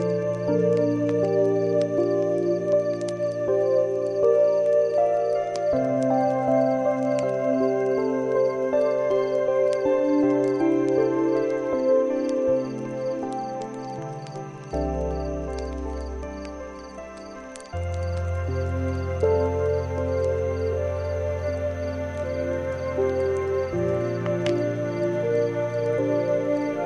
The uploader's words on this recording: Moonlit Enchantment With Piano, Relaxing Music & Fire Crackling On A Celestial Night. Next to a crackling fireplace.